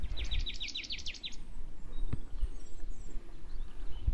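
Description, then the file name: Marsh tit giving a fast run of several sharp, downward-sweeping notes, then quiet background. "Poecile palustris"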